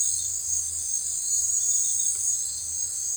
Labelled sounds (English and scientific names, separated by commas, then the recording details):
none
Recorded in forest near Pivijay, Magdalena, Colombia, on 15 April 2023 at 21:00
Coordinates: 10.467, -74.380
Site Z5-G034